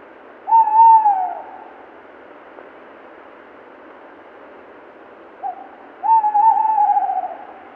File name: Tawny Owl (Strix aluco)